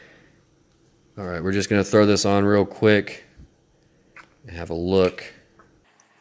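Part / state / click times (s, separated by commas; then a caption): wide-angle lens into the lens mount of a drone gimbal camera / not seated / none. A Venus Laowa 7.5mm wide-angle Micro Four Thirds lens is being fitted to the metal bayonet lens mount of a DJI Zenmuse X5S gimbal camera on an Inspire 2 drone. Someone talks, followed by a couple of faint handling ticks near the end. Nothing has seated or clicked yet; the lens is not yet home.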